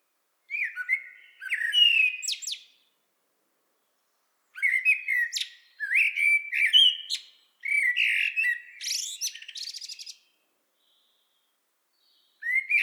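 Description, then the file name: Common blackbird song with warbling fluted notes and sharp high twitters, several phrases spaced by silences, the last phrase cut off at the end. "Turdus merula"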